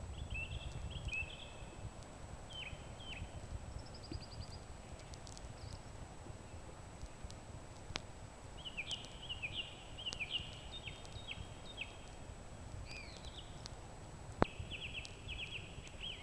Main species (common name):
Song Thrush